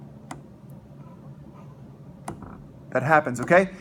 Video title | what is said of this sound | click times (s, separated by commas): Flipped Lessons - Introduction to the Microscope | now listen I don't know if you can hear on the video but there's a click that happens okay | 0.3 s, 2.3 s